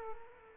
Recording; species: mosquito wingbeat signal from an infrared sensor; Culex quinquefasciatus